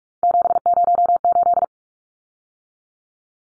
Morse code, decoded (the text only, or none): 708